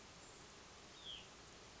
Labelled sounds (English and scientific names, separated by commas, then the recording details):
Hutton's Vireo (Vireo huttoni)
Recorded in Sonoma County, California